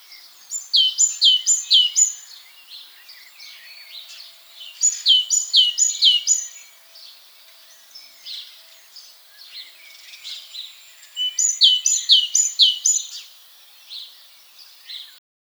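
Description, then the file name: Great tit calls in three bursts of quick, high, downward-sweeping notes in short repeated groups, with softer calls between bursts and faint background noise. "Parus major"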